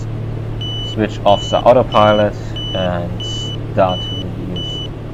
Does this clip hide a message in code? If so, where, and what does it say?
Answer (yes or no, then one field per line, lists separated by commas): no